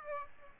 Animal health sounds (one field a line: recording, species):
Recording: mosquito wingbeat signal from an infrared sensor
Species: Aedes aegypti